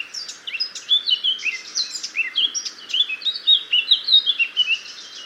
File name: Sylvia atricapilla